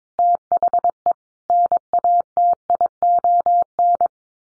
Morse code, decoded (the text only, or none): THE NATION